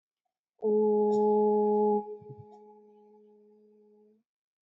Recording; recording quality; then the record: sustained vowel as in boot; excellent, no background noise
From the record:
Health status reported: healthy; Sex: female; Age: 32 years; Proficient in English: yes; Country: India